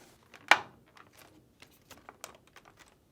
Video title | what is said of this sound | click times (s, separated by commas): How to replace Samsung washing machine main control board part # DC92-01021A | push it and tilt locks in place next | 0.5 s